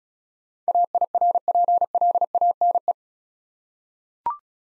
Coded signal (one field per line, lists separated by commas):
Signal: Morse code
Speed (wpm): 35 wpm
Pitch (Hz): 700 Hz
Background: none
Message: AIRPLANE